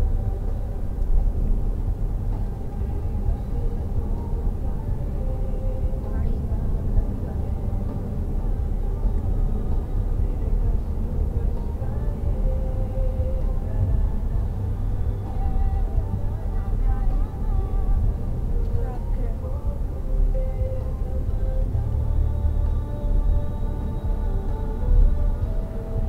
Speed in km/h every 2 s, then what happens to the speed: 87, 87, 89, 92, 95, 98, 98, 99, 97, 97, 96, 96, 89.
0-14 speeds up to 99. 14-22 steady at about 97. 22-26 slows to 89.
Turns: none.